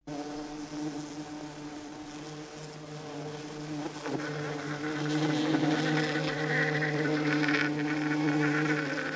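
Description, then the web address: Bee buzz, a continuous low humming drone that grows a little louder in the second half. "znane owady pszczoly dzwiek"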